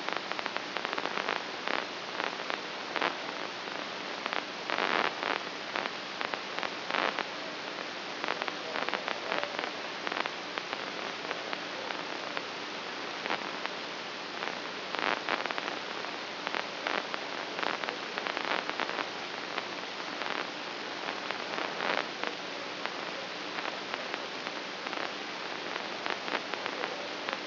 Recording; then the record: brain microelectrode recording played as sound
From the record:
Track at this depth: inside the subthalamic nucleus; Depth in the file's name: 2.523 mm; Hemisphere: right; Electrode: 2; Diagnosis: Parkinson's disease